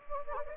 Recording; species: mosquito wingbeat signal from an infrared sensor; Anopheles gambiae